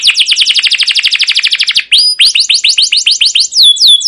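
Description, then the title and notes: Canary singing a rapid rolling trill of sharp chirps, followed by a slower series of clear rising and falling whistled notes. Long, lively canary song with 'cuit cuit' chirps and rolls ('ngerol'), used as a lure (pancingan) and tutor recording (masteran) for young caged canaries learning to sing. "CUIT CUIT NGEROL GACOR PANJANG Kenari Pancingan KENAR. PANCINGAN Kenari GACOR PANJANG Cuit CUIT EMOSI MASTERAN Kenari PAUD belajar BUNYI. burung kenari"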